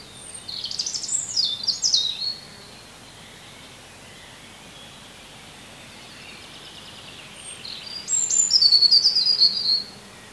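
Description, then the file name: European robin song: two high, thin warbling phrases of varied whistles and trills, separated by a long pause with steady background hiss. "Erithacus rubecula"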